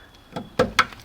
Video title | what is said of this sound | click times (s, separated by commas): Tacoma headlight low beam bulb replacement | Oh yeah, it clicked. | 0.8 s